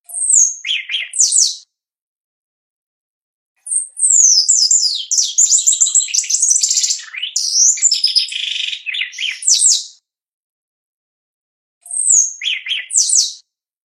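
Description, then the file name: Shiny cowbird song: a short burst of high, liquid whistles and gurgles, then a long tumbling run of bubbly, slurred notes, and another brief phrase near the end. "canto do chupim"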